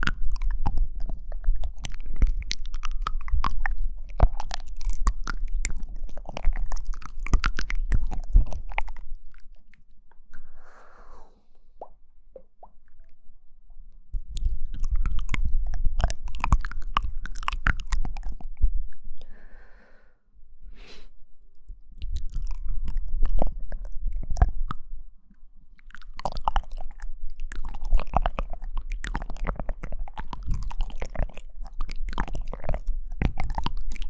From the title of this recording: Mouth Sounds